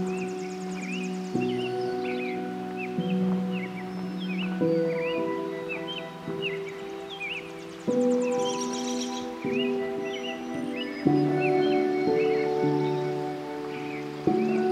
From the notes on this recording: We follow a creek for the first dozen minutes until we pass a cascade and come to a meadowy ridge that comes to life with birdsong.